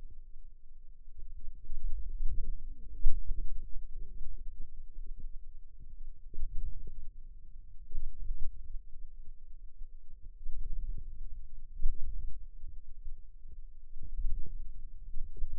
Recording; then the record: forearm muscle sounds (acoustic myography)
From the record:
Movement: ulnar deviation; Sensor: system 2, bracelet of six BSWA MPA416 microphones around the upper forearm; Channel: 1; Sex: female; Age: 21 years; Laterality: right